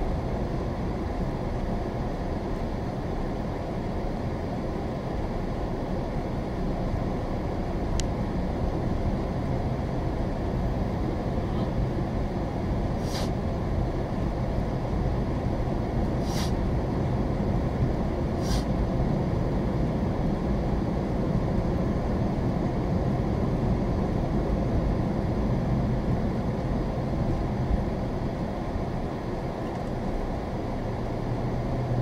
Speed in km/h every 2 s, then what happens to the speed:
19, 16, 16, 19, 23, 24, 24, 24, 29, 34, 37, 39, 37, 27, 16, 13.
4-9 speeds up to 24. 9-14 steady at about 24. 14-23 speeds up to 39. 23-29 brakes to 13.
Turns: none.